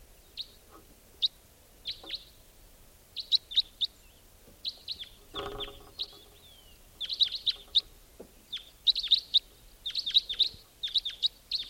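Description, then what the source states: White-winged crossbill calling: many quick chirps, scattered at first then in dense rapid runs, with a short rustle midway over quiet background. Wild bird recorded at 6:25 a.m.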